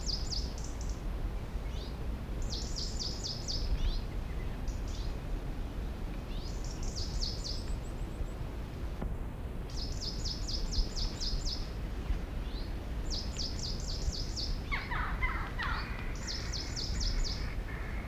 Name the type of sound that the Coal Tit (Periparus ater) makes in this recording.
call